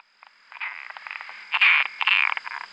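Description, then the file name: Latouche's frog calling, a series of short pulsed notes building into louder rasping bursts, with a steady high electronic tone running throughout. "Rana latouchtii"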